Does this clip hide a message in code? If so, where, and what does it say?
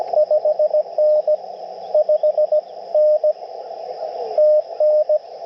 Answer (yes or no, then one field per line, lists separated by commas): yes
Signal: Morse code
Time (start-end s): 0.2-5.2 s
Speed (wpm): 19 wpm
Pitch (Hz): 600 Hz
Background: radio noise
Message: 5N 5N TN